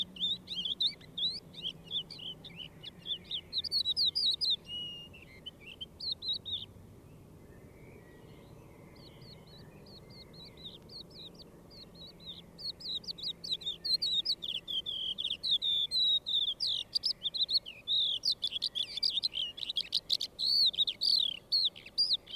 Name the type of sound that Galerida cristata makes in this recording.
song